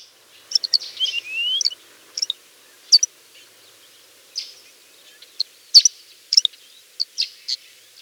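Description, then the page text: Thick-billed lark song: a busy run of high chips, buzzy notes and a brief slurred whistle, loosely repeated throughout. "Thick-Billed Lark Song. Quick Sounds"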